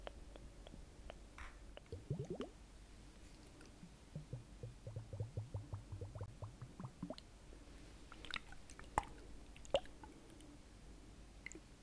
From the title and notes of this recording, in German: Liquid Sounds. Unterschiedliche Wasser Trigger.